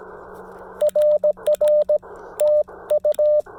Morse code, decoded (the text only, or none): RR TU